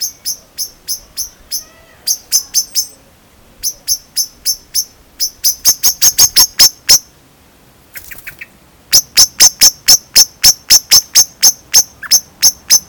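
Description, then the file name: Eurasian blackbird calling loudly with quick, sharp clicking notes in steady runs, briefly broken by a short burst of noise. "Turdus merula"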